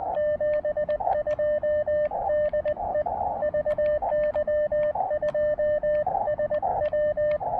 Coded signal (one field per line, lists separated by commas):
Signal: Morse code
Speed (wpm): 20 wpm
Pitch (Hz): 590 Hz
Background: radio noise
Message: 72 DE VY2SW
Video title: POTA Jitters: My First POTA activation as VY2SW in Canada!